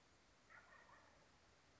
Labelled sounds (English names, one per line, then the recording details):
Wild Turkey
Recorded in Sonoma County, California